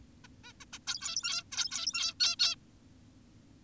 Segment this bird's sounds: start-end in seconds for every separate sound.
0.24-0.28, 0.44-0.53, 0.61-0.65, 0.73-0.79, 0.88-1.44, 1.52-2.14, 2.20-2.36, 2.40-2.56